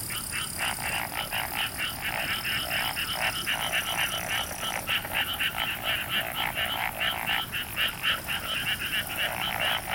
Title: Summer Japan, Hokkaido. Night Paddy's frogs. 夜の水田のカエル